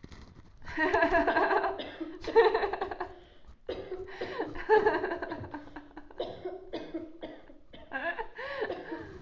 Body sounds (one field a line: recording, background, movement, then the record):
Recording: laughter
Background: a bystander coughing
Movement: sitting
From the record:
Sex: female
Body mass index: 18.3 kg/m2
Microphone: on the chest, facing outward